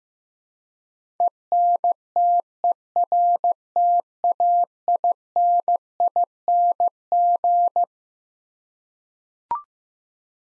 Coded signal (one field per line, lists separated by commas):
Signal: Morse code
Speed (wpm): 16 wpm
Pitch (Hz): 700 Hz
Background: none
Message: ENTERTAINING